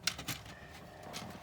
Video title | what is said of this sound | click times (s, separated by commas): JKU Carsoll Android radio installation | sure this is line snaps right in right boom so | 0.1 s